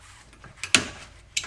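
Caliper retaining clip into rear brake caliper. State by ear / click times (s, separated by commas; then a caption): seated / 0.8 s. A spring-steel retaining clip is pushed back into position on the rear brake caliper of an E92 M3 after a rotor and pad swap. Faint ticks near 0.3, 0.4 and 0.6 seconds lead to a sharp metallic click at 0.8 seconds as the clip snaps into place, followed by another bright click at 1.4 seconds. The clip is seated.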